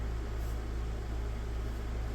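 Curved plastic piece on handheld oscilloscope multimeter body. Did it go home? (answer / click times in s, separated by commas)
no / none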